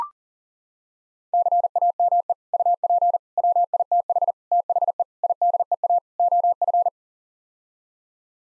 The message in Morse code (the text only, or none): CAME UP WITH THE IDEA OF